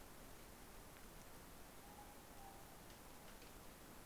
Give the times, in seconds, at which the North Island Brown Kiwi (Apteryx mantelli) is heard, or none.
none